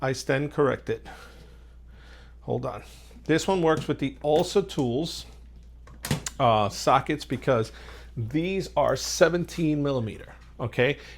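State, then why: Seated. A 17 mm metal socket is pushed into the head of a stubby ratcheting wrench, where an internal lock ring catches the socket's grooves. A sharp snap at 6.3 s marks the socket seating firmly so it won't fall out. Someone talks before and after.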